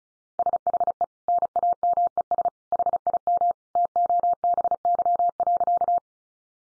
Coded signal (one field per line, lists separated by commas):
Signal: Morse code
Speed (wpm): 34 wpm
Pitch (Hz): 700 Hz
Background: none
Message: SHE NAMES HIM TOBY.